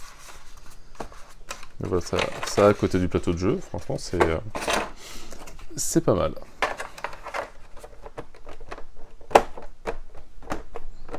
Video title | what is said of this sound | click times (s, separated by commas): Rangement 03 - Kingdom Rush : Rift in time | Là, ça se clipse bien. | 9.4 s